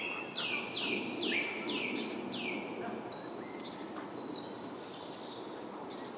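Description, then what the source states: Bird singing a quick series of sweeping whistled notes, several per second, over steady rushing background noise with other faint high chirps. Soundscape.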